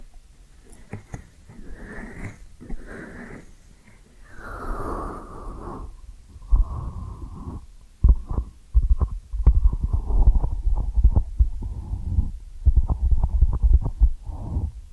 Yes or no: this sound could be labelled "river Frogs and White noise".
no